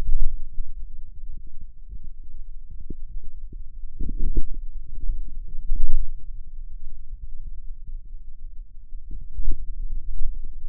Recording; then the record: forearm muscle sounds (acoustic myography)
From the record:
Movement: wrist extension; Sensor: system 2, bracelet of six BSWA MPA416 microphones around the upper forearm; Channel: 6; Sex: male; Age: 22 years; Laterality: right